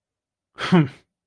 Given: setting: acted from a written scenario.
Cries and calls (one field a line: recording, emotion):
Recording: vocal sound without words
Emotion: contempt